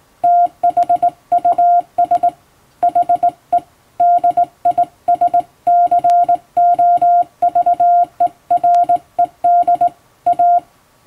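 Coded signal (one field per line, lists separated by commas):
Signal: Morse code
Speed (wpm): 20 wpm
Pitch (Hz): 700 Hz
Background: none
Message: THUS HE DISCOVERED A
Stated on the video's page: Hand-keyed Morse sent with a telegraph key from a telegram practice book, as a sending practice.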